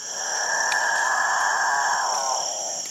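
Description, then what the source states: Capuchinbird song, a sustained groaning, cow-like tone lasting nearly three seconds. Males gather in treetops to display each morning and evening; Guyanan jungle, South America; likened to nervous cattle or a distant motorboat.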